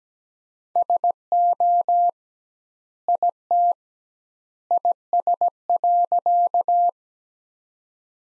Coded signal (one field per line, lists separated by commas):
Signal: Morse code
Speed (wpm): 17 wpm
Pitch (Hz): 700 Hz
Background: none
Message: SO IT IS.